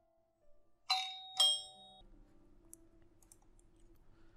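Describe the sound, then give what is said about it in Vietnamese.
A doorbell at the gate of a house in Hanoi, pressed by a visitor standing outside, rings twice in quick succession, two bright chiming tones that ring out and fade, followed by a low steady hum with faint clicks. “Tuấn đứng bên ngoài bấm chuông.”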